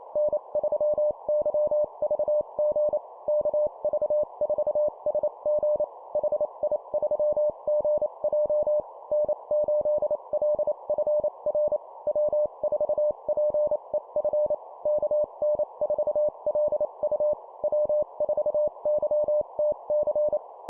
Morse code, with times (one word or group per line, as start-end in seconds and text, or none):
0.2-3.0 N3YVG
3.3-5.8 KV4SG
6.2-8.8 HI3GJ
9.1-11.8 N8LFR
12.1-14.5 W4PEF
14.9-17.3 KN4LU
17.6-20.4 W4YTC